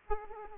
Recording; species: mosquito wingbeat signal from an infrared sensor; Aedes aegypti